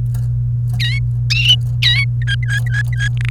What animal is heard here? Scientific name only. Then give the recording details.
Serinus canaria. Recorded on 28 April 2018 at 11:43. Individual llb3